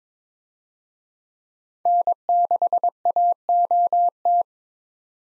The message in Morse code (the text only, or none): N6AOT